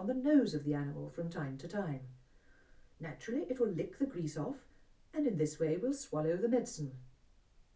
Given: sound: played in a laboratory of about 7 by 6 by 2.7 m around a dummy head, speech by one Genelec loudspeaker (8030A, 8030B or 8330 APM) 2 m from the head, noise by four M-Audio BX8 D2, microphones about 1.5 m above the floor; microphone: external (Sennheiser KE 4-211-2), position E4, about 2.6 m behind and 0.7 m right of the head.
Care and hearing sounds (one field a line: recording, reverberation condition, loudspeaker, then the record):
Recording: female speech in English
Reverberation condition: low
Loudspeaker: in front (0 degrees)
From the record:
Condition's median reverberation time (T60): about 310 ms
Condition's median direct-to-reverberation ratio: about 3.5 dB